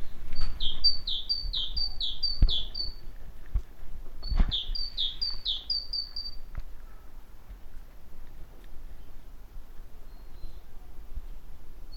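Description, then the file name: Great tit: repeated high two-note phrases in two bursts during the first seven seconds, with a few clicks and low background noise. "Parus major"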